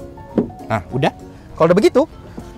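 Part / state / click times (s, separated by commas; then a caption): door stopper lock in SUV door hinge area / not seated / none. The rear door stopper lock in the hinge area of a Ford Everest 4x4 SUV is being handled and pushed inward to engage it, so the door stays held open. Someone talks over background music. The clip ends before the part goes home, so nothing has seated or clicked yet.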